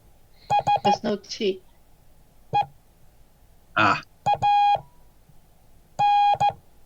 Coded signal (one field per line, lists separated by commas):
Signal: Morse code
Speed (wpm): 14 wpm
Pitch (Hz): 820 Hz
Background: speech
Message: SEAN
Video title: Morse code class 2023-01-09